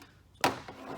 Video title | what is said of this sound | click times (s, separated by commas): Self Install Modem | that just plugs into either one of these 4 ports. You hear it click, it's good. | 0.4 s